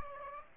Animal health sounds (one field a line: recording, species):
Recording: mosquito wingbeat signal from an infrared sensor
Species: Aedes aegypti